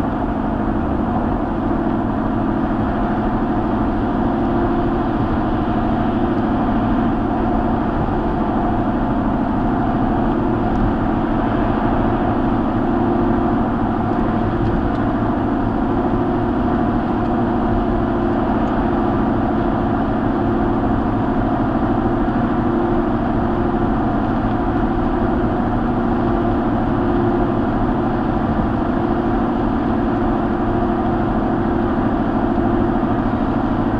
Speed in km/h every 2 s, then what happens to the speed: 109, 113, 116, 116, 116, 116, 114, 118, 118, 119, 118, 118, 118, 118, 118, 118, 118.
0-34 steady at about 118.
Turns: none.